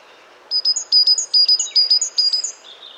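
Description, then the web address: Great tit singing a fast run of several bright two-part notes, with a lower thin note trailing at the end. "pub SETE data Parus major"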